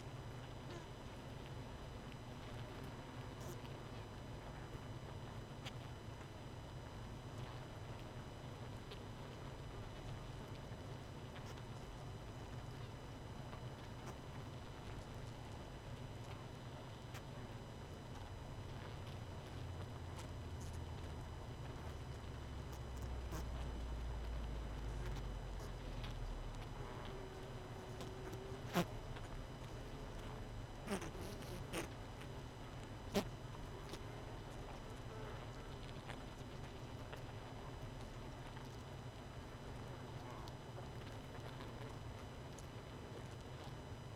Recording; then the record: honeybee colony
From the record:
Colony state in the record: missing queen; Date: 31 May 2018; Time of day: 20:29